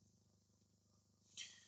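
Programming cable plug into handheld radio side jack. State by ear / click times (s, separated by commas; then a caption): not seated / none. A two-pin programming cable plug is held up to the side jack of a Baofeng K5-Plus handheld radio and lined up so its larger and smaller ends match the jack's bigger and smaller holes before being pushed in. A steady low hum runs throughout, with a brief rise of high hiss around 1.4 s. The plug has not been pushed in yet, and nothing has seated or clicked.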